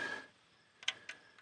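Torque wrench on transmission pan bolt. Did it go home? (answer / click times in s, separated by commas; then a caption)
no / none. A click-type torque wrench set to 40 inch-pounds tightens a steel transmission pan bolt on a 2009 Toyota Corolla, turned just to get a feel for it. A brief burst of noise opens the clip, followed by quiet and then short, sharp ticks at about 0.8–0.9, 1.1 and 1.4 seconds. The wrench has not clicked yet, so the set torque is not reached.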